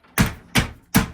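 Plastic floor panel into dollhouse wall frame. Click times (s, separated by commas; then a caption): 0.2 s, 0.6 s, 1.0 s. The plastic second-floor panel of a 1985 or 1978 Barbie Dream House is pressed down onto its wall frame, giving three sharp snapping clicks at 0.2, 0.6 and 1.0 seconds. The panel is seated, snapped fully into place.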